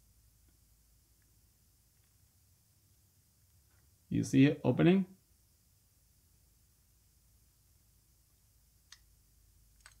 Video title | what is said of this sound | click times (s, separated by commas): Using Hasselblad C Lenses -- How To | locked so this lens now is ready to mount again put it back on the body and you're | 8.9 s, 9.9 s